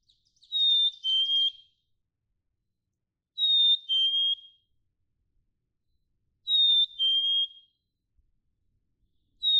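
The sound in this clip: Black-capped chickadee whistling a pure high note followed by a slightly lower one, phrase repeated roughly every three seconds, with a few faint chips.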